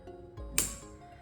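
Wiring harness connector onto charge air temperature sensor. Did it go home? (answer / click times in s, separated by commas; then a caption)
yes / 0.6 s. A wiring harness electrical connector, its gasket checked so it isn't deformed, is slid onto the charge air temperature sensor of a 2024 Ram 2500 with a 6.4 L engine and pushed until it latches. A sharp, loud click rings out at 0.6 s over faint steady background tones, confirming the connector is seated.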